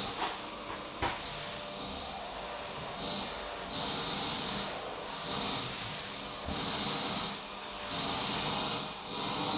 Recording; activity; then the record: daily activity, microphone in the room; vacuum cleaning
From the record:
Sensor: 1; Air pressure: 991.8 hPa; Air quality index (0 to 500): 184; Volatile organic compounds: 1000 ppm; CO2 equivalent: 7039 ppm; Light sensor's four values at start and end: 28/99/38/38 and 28/99/38/38